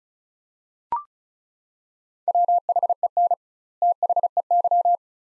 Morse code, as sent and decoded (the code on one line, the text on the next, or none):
.-- .... . -. / - .... . -.--
WHEN THEY